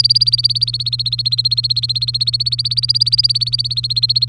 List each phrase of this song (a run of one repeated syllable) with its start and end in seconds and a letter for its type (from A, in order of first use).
0.00-4.29 A